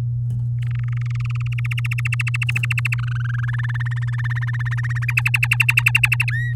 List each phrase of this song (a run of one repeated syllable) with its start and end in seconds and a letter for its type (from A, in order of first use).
0.62-1.74 A, 1.77-2.95 B, 2.98-3.61 C, 3.63-5.05 D, 5.08-6.32 E, 6.33-6.54 F